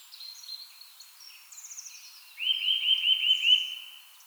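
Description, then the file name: Eurasian nuthatch delivering a fast, loud series of repeated notes for over a second, following softer high notes. "Sitta europaea"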